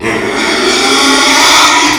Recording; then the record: squeal of a Yucatan mini pig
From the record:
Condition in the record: after surgery on the right vocal fold (resection and tissue-engineered implant); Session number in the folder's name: 2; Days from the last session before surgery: 13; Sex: male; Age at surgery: 12 weeks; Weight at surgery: 13 kg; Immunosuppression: cyclosporine, prednisolone